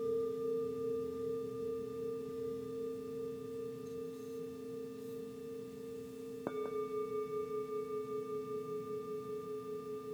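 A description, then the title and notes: Crystal and Tibetan bowls ring in a steady, layered drone, with a low hum and a brighter tone above it that waver gently as they sustain. Near six and a half seconds a new bowl is struck, adding a sharp attack and fresh shimmering overtones that pulse slowly afterward. The journey is a soundscape of crystal & tibetan bowls.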